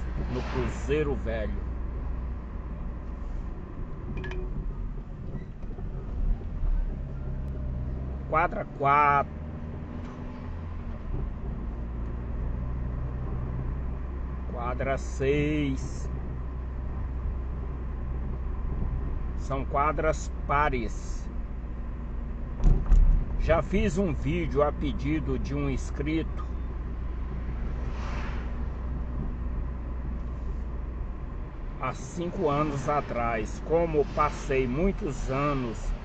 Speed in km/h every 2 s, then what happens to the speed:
35, 32, 21, 24, 34, 35, 37, 37, 36, 34, 34, 35, 36, 36, 35, 33, 28, 19.
0-4 brakes to 21. 4-11 speeds up to 37. 11-28 steady at about 36. 28-36 slows to 19.